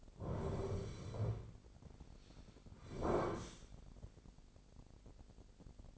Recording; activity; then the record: daily activity, microphone in the room; sit down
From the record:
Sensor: 5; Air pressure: 1009.4 hPa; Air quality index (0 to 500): 154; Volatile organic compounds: 2 ppm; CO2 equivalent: 1186 ppm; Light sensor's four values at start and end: 246/591/251/274 and 247/592/251/274